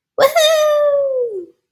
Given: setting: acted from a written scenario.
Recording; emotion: vocal sound without words; pride